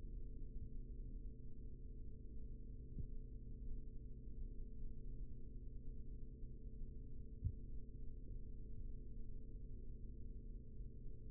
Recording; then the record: forearm muscle sounds (acoustic myography)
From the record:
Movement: rest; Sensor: system 3, bracelet of six PUI Audio POM-2738L microphones around the upper forearm, with dedicated amplification and filtering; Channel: 3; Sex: male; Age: 43 years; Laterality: right